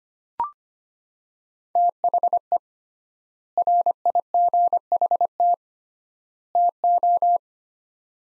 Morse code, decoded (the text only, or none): THE RIGHT TO